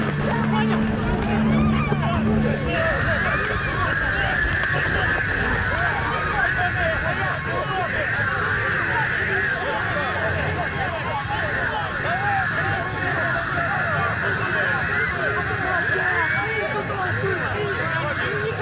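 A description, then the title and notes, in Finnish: A street protest in Belarus, recorded as a dense crowd of many overlapping voices talking at once, steady throughout. A sustained high tone, like a horn or whistle, holds from about three seconds until sixteen, and a low vehicle drone opens the recording. Kaikki projektin äänet ovat aitoja, dokumentaarisia ääniä, jotka on nauhoitettu Valkovenäjällä meneillään olevissa mielenosoituksissa.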